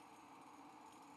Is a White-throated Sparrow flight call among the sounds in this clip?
no